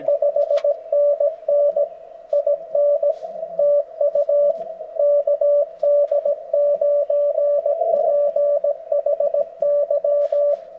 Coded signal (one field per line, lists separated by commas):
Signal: Morse code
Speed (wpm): 19 wpm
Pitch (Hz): 560 Hz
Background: radio noise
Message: 5NN IN TU KD9PHY